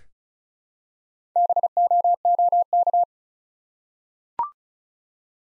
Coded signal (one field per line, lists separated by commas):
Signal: Morse code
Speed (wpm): 36 wpm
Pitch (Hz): 700 Hz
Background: none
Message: BOOK